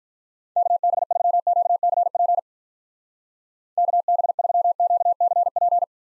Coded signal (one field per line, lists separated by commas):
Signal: Morse code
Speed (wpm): 45 wpm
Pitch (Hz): 700 Hz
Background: none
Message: KB3QCP KB3QCP